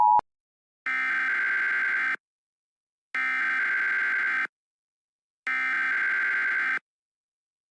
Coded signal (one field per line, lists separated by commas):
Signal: Emergency Alert System (SAME) tones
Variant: header bursts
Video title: EAS Mock 40 || Snowman Virus